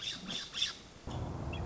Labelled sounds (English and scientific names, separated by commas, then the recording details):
Nuttall's Woodpecker (Dryobates nuttallii)
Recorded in Sonoma County, California